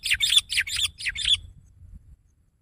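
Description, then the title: Sooty-headed bulbul song: a quick run of several bubbly warbled notes lasting just over a second, over low background rumble. "kutilang"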